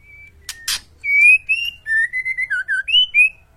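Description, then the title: White-rumped shama song: a short whistle, two sharp clicks, then a phrase of clear, fluty whistled notes, some level, some slurring down. Masteran training track for cage birds; song described as full rolling and firing. "Masteran Murai Batu Full Ngerol Nembak"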